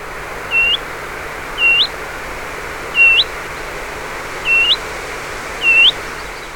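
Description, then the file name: Willow warbler giving soft, rising 'hweet' calls, five in all, each an upslurred whistle, over a steady low background hiss. "Phylloscopus trochilus"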